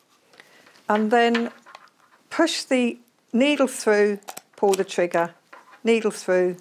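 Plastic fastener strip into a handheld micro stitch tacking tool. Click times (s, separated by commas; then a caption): 0.4 s. A strip of small plastic fasteners is pushed onto the circular pointed part of a handheld Avery Micro Stitch tacking tool, giving a sharp, short click at 0.4 s as it seats into place. Someone then talks.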